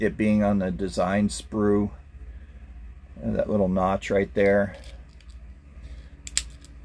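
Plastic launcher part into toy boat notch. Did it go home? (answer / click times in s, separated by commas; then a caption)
yes / 6.3 s, 6.4 s. Someone talks while a plastic launcher part is lined up with a small notch and pressed onto a 2011 Cobra Fang toy boat. Two sharp clicks follow at 6.3 s and 6.4 s as the part snaps into place and seats.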